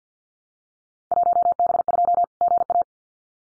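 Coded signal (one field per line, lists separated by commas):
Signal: Morse code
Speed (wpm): 50 wpm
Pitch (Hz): 700 Hz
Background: none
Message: 1B2 GA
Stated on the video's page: Morse practice of Field Day exchanges at 50 wpm, each exchange sent twice.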